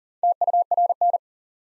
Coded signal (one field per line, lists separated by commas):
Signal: Morse code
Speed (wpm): 40 wpm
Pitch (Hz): 700 Hz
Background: none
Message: TURN